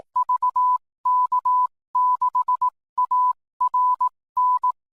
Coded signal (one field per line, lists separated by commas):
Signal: Morse code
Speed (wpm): 18 wpm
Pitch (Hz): 1000 Hz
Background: none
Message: VK6ARN